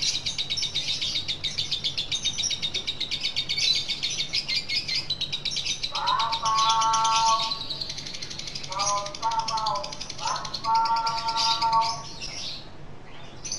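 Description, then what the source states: Lovebird chatter, fast and high, joined midway by a series of lower, tonal wailing calls before the chatter fades at the end. Lutino lovebird giving the ngekek chattering call, recorded for use in training birds.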